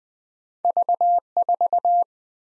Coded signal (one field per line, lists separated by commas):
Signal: Morse code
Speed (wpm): 22 wpm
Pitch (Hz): 700 Hz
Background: none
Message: V4